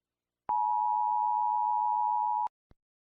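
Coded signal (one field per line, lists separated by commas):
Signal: Emergency Alert System (SAME) tones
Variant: 853 and 960 Hz attention tone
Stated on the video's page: Fictional EAS scenario of a California earthquake, with valid EAS tones.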